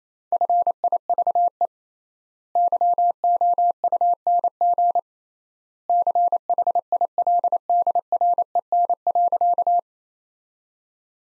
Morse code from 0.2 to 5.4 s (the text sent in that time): FIVE YOUNG